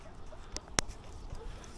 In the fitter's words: така се закопчава и се връща обратно ето тука щрак и